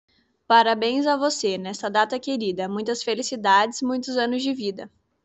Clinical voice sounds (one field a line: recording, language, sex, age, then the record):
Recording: short text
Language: Brazilian Portuguese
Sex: female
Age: 20 to 29 years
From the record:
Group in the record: control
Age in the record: 22 years